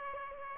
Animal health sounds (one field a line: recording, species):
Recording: mosquito wingbeat signal from an infrared sensor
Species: Aedes aegypti